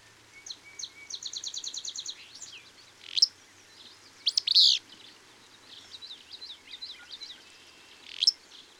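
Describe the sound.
Bird song: a rapid run of high repeated notes opens, followed by loud sharp chirps and varied twittering.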